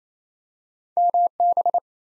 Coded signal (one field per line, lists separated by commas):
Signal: Morse code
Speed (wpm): 29 wpm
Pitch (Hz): 700 Hz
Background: none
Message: MB